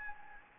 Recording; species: mosquito wingbeat signal from an infrared sensor; Anopheles gambiae